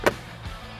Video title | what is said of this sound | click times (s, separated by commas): 2014 Acura MDX Cabin Air Filter Replacement | hear the click | 0.1 s